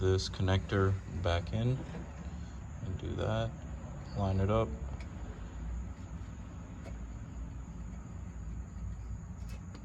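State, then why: Not seated. Someone talks while lining up the plastic wiring connector of a newly installed downstream bank 2 sensor 2 oxygen sensor on a 2004–2006 Toyota Sienna, ready to plug it into the engine wiring harness connector. After the talking, only faint handling noise and a low steady hum are heard, with brief soft ticks near 5.0 s and 9.8 s. Nothing has seated or clicked yet.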